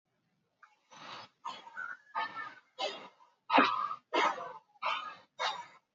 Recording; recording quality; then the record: shallow breathing; excellent, no background noise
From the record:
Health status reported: healthy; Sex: male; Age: 37 years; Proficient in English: yes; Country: India